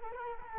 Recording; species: mosquito wingbeat signal from an infrared sensor; Culex quinquefasciatus